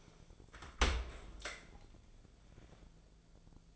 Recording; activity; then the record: daily activity, microphone in the room; open dishwasher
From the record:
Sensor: 5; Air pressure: 1000.6 hPa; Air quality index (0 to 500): 163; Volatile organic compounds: 2 ppm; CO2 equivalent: 1245 ppm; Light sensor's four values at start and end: 48/109/47/51 and 47/108/46/50